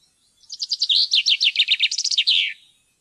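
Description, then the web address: Common chaffinch singing one full song, a fast cascade of repeated chirping notes dropping in pitch through several sections and finishing with a short terminal flourish. "fuglelyder- bokfink"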